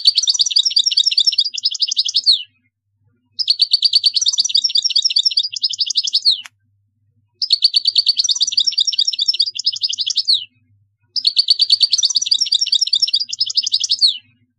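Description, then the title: European goldfinch song in four dense phrases of fast, high twittering separated by short gaps, with one sharp click between two of them. "Chant Chardonneret"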